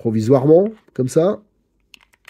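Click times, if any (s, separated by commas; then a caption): 1.9 s. Someone talks, then a temporary plastic radio plate is pressed into the chassis of a Funtek GT16 e3 1/16 RC touring car. It snaps into place with a sharp click at 1.9 s, followed by a couple of faint small ticks. The plate seats and fits together very well.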